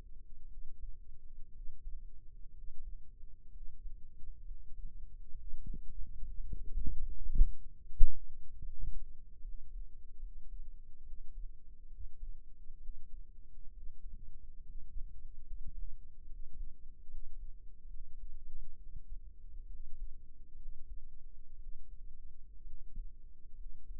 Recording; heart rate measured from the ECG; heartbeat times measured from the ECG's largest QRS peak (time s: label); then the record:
heart sounds by microphone in the right ear; 68 bpm
0.48 s: heartbeat
1.52 s: heartbeat
2.52 s: heartbeat
3.51 s: heartbeat
4.44 s: heartbeat
5.35 s: heartbeat
6.21 s: heartbeat
7.03 s: heartbeat
7.84 s: heartbeat
8.62 s: heartbeat
9.42 s: heartbeat
10.20 s: heartbeat
11.03 s: heartbeat
11.88 s: heartbeat
12.79 s: heartbeat
13.71 s: heartbeat
14.62 s: heartbeat
15.48 s: heartbeat
16.27 s: heartbeat
17.08 s: heartbeat
17.88 s: heartbeat
18.77 s: heartbeat
19.67 s: heartbeat
20.56 s: heartbeat
21.57 s: heartbeat
22.64 s: heartbeat
23.56 s: heartbeat
From the record:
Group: healthy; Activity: rest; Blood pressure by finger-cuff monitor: 113/72 mmHg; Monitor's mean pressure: 83 mmHg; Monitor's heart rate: 68 bpm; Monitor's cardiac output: 5.8 L/min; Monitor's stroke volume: 88 mL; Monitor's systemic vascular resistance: 1080 dyn s/cm5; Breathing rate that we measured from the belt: 16 breaths a minute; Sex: male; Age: 22 years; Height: 181 cm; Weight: 79 kg